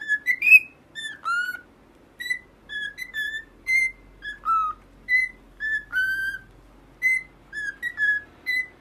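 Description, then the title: Cockatiel song of clear whistled notes, some rising and some dipping, in a fairly steady series with short gaps. Several cockatiels singing, whistled song. "Calopsitas Cantando Assobio"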